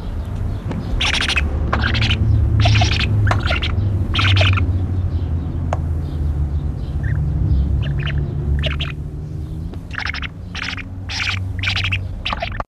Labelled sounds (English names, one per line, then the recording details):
Spectacled Owl call
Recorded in captivity
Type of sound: call
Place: Zoo Hannover, Niedersachsen, DE
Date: 1974-04-18
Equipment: Halbspur, 9,5 cm/s
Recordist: Lütgens, Hans
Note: Rufe